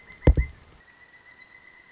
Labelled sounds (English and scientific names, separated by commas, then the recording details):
Pileated Woodpecker (Dryocopus pileatus)
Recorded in Sonoma County, California